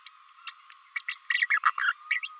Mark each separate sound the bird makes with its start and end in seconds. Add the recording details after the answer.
0.06-0.13, 0.19-0.24, 0.47-0.54, 0.95-1.02, 1.08-1.17, 1.30-1.48, 1.50-1.59, 1.65-1.73, 1.81-1.94, 2.10-2.20, 2.22-2.28. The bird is a female. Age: 29 days. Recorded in a nest box in Venezuela. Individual 17B32A5